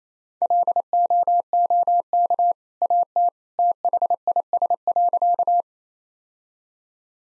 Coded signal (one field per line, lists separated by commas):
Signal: Morse code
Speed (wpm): 28 wpm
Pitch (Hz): 700 Hz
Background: none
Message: LOOK AT THIS.